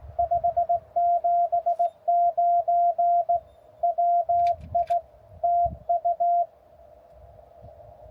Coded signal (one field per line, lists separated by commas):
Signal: Morse code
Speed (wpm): 16 wpm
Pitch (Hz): 660 Hz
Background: none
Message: 579 WI TU